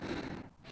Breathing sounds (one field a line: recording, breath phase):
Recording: one breath near a microphone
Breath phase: exhalation